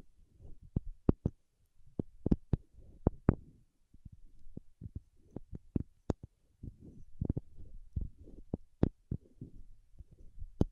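Paraffin wax being tapped and scratched: irregular sharp clicks and knocks over a low, soft rustling scrape that comes and goes throughout.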